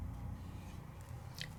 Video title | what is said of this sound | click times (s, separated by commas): 534 The Dos & Don't of the Sizzix Stencil and Stamp Tool featuring Crafter's Companion & Jacquard | kind of Click into place | 1.4 s